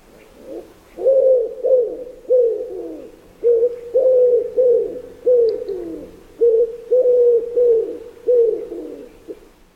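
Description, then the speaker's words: Common Wood Pigeon cooing: three deep, soft phrases of about five hooting notes each, separated by short pauses, with nothing else clearly heard. Deep, soft cooing, often heard as a repeated 'Uhu, Uhu, Uhu' with five repetitions; the five syllables can also be rendered as 'Buße tut gut'. "Ringeltaube, gurrt tief und weich. Ihr Ruf klingt oft wie ein wiederholtes Uhu, Uhu, Uhu. Mit 5 Wiederholungen."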